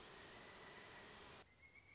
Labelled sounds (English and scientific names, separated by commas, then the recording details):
Pileated Woodpecker (Dryocopus pileatus)
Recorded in Sonoma County, California